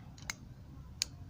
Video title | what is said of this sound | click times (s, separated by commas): How to fix loose door handles on double glazed doors | Just turn the handle backwards and forwards, and eventually, as it moves around, snaps back into place. | 1.0 s